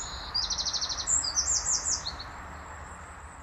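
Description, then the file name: Eurasian wren: a quick, shrill trill of rapid repeated notes followed by a warbling run, ending after about two seconds, over faint steady noise. "Troglodytes troglodytes"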